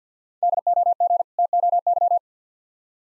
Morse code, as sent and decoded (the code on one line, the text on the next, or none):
-.. --- --. / - --- -.--
DOG TOY